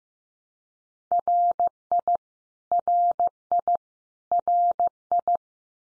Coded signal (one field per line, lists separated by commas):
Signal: Morse code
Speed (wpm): 15 wpm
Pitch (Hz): 700 Hz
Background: none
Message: RI RI RI